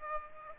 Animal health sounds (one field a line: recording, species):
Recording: mosquito wingbeat signal from an infrared sensor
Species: Aedes aegypti